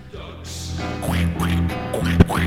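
A duck quacks about four times in a quick, uneven series, each call a loud, nasal, rasping honk, with a brief sharp knock near the end and no talking.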